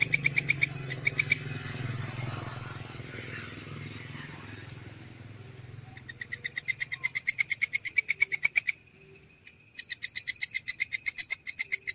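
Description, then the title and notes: Canary song: a few buzzy pulses at the start, then, after a quiet stretch with low hum, a fast run of identical buzzy notes, briefly broken and resumed. Canary song used as masteran, a training track for songbirds. "Kicauan Kenari. Masteran Burung Lengkap"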